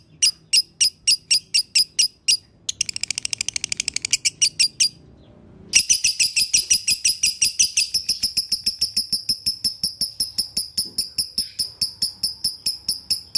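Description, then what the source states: Lovebird song starting with spaced sharp chirps, then a fast trill, a short pause, and a long run of rapid shrill chirping. Konslet song style, used as a masteran training recording.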